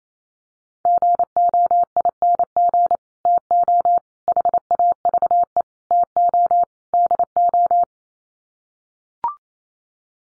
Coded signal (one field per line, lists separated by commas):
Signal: Morse code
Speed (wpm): 28 wpm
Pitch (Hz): 700 Hz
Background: none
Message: GOING TO HAVE TO DO